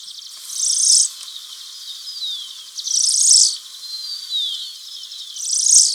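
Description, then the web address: Ash-breasted sierra finch buzzy song, a high dense burst repeated about every two and a half seconds, with thin descending whistles between bursts. Ecuador, South America. "Birds of Ecuador. ASh-breasted Sierra-Finch"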